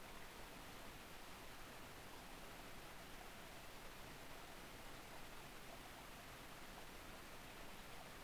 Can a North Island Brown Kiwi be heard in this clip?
no